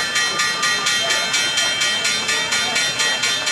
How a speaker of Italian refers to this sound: Ecco la campanella di Wall Street, un po' che non la sentivamo